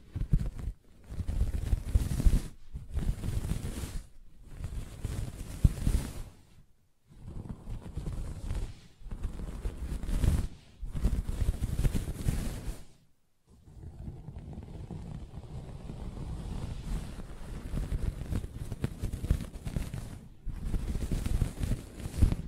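Soft fabric surface being tapped and scratched, in rough bursts of a second or two separated by brief silences through the first half. After about 13 seconds it shifts to a steadier, continuous rubbing hiss that swells and fades, with dull low thuds throughout.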